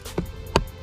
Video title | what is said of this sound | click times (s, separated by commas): GOGOCARBON Side View Mirror Cover Cap Overlay(Lower part) for the 15-21 WRXSTI unboxing and install | Okay, start snapping it in. You hear click, clicks. | 0.2 s, 0.6 s